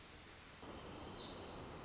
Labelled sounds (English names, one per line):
Pacific Wren